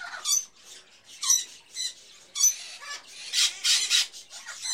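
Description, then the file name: Birds calling: harsh screeching squawks repeated at intervals, mixed with softer chirps and chatter from other birds. Various birds in a pet shop, ambience. "Sound Ideas 2000 Series - Birds, Various Birds In A Pet Shop, Ambience"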